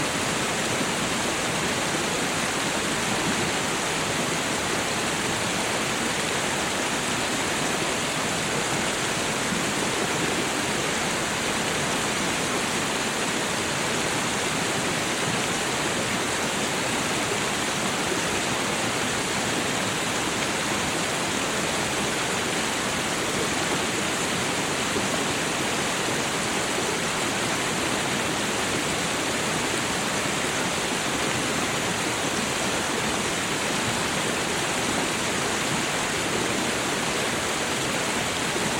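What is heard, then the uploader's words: A waterfall pours in a steady, dense rush with no pauses or changes across the whole clip. The sound is full and close, bright hiss over a softer churning body, with fine splashing texture but no separate events standing out. Soothing Waterfall Sounds for Sleep Tranquil Ambience for Deep Rest.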